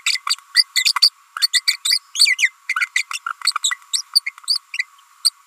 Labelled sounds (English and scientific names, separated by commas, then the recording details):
Green-rumped Parrotlet (Forpus passerinus) babbling
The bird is a female
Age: 30 days
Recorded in a nest box in Venezuela
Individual 17B42A4